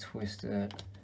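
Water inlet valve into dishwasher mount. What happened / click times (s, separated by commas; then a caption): Handled, not yet seated: no pop from the valve yet / none. A replacement water inlet valve is handled and twisted into its plastic mount on an Omega dishwasher, with a few light tapping sounds while someone talks. Nothing has seated or clicked yet; the valve is not home in its mount.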